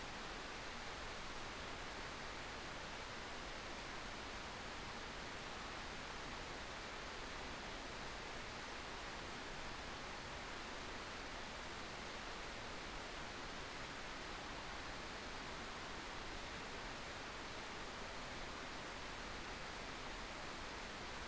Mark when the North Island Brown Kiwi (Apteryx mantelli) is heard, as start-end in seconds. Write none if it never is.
none